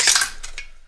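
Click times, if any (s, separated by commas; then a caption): none. A bolt carrier group and charging handle are slid together into a metal AR-15 upper receiver and pushed forward toward the charging handle latch. Bright metallic scraping and sliding rattles fill the first 0.3 seconds, then fainter metal taps follow near 0.45 and 0.58 seconds as the sound fades out. Nothing has seated or clicked yet, and the charging handle is not yet home.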